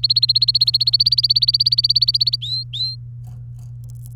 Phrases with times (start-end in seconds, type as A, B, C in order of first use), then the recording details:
0.00-2.36 A, 2.42-2.95 B. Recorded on 27 April 2018 at 16:07. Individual llb3